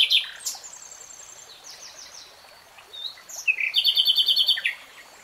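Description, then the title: Nightingale phrases over a background hiss: scattered whistles and chirps, then a fast, loud, stuttering trill of repeated notes. Nightingale singing, recorded in real time. "[Tiếng chim hót] REALTIME Nightingale Singing"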